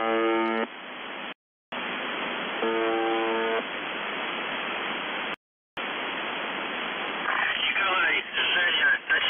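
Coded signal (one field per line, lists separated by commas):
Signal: numbers station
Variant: UVB-76 (The Buzzer)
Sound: two short low buzzes in hiss, brief silences, then a distorted voice speaking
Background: radio static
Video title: The Buzzer/UVB-76 Voice Message March 18, 2021 07:22 UTC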